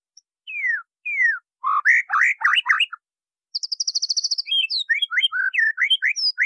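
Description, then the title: White-rumped Shama song: two descending whistles and a rich warbled phrase, a short pause, then a fast high buzzy rattle followed by varied whistled notes. Masteran training song. "MASTERAN MURAI BATU LABAIK"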